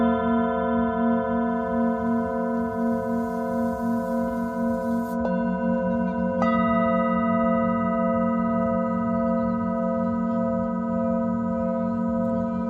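Singing bowls hum in a steady, sustained drone, with layered ringing tones and a slow pulsing waver in the low register. Around five and six and a half seconds, soft strikes refresh the ring, and the tone shifts slightly after each.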